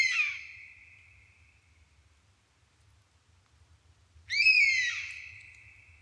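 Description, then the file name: European honey buzzard whistled calls, two drawn-out high whistles, the second louder, separated by a few seconds of quiet. "darazsolyv hangja"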